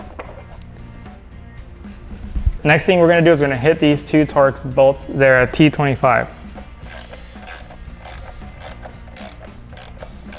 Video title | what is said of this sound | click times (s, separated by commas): How To: Gauge Relocation & Top Tree Install on a Harley-Davidson Road Glide ST! | just lift up no tools required you're going to hear it pop and it should come right out | 0.2 s